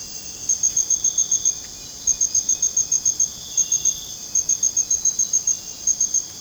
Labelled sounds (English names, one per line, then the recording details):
none
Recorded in dense forest near Puerto Asís, Putumayo, Colombia, on 23 June 2025 at 03:30
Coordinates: 0.486, -76.317
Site G065